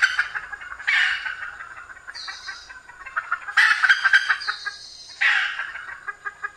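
Red junglefowl giving a few loud raspy bursts, separated by softer clucks and brief high, thin tonal notes.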